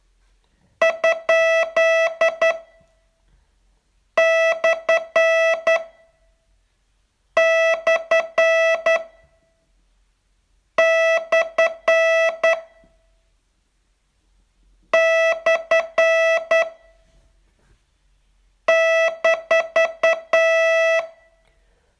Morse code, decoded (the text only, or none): ? / / / / -